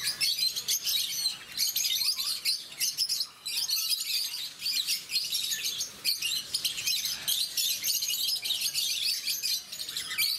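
Rosy-faced lovebird shrieks and chirps, high and scratchy, pouring out in busy overlapping bursts with only short dips in loudness.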